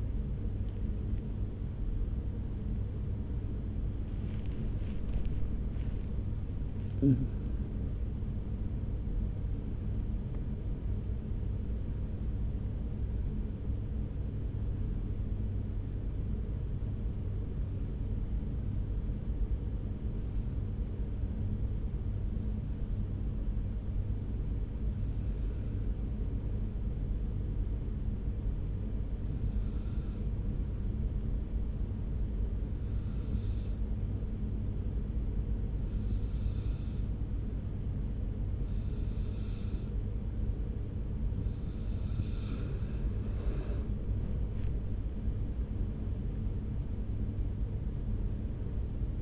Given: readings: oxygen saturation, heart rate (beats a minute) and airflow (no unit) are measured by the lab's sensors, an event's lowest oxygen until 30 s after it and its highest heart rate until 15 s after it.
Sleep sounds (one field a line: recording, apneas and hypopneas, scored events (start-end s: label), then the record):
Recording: breathing in sleep by a smartphone at the bedside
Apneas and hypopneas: 1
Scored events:
18.00-41.80 s: hypopnea (N1, oxygen 96% highest, then 92% lowest)
From the record:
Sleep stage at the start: N1 (lightest sleep)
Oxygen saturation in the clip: 92 to 96%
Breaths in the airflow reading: 17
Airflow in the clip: -1.8 to 4.0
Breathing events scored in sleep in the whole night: 335 in 6.7 hours asleep